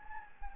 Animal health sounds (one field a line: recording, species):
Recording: mosquito wingbeat signal from an infrared sensor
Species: Anopheles gambiae